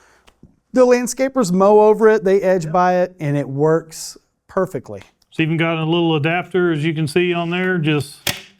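Someone talks throughout while a small plastic adapter is handled near a French drain pipe fitting, ready to be pushed into place. The adapter has not snapped in yet and nothing has seated or clicked.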